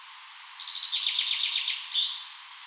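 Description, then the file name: European robin song phrase: a fast, high, slightly blurred trill of repeated notes, ending in a brief sliding whistle. "Erithacus rubecula"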